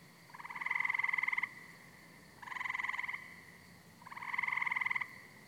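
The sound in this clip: Frog calling with three rattling pulsed croaks that swell in loudness, separated by pauses of about a second.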